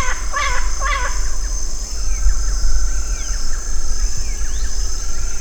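Bird calls, two nasal, harmonic notes in the first second, followed by faint scattered chirps against a constant high-pitched hiss.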